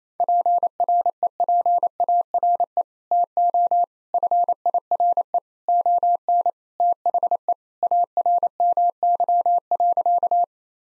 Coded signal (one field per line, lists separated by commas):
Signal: Morse code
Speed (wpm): 28 wpm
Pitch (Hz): 700 Hz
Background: none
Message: PREPARE TO FIRE ON THE ARMY.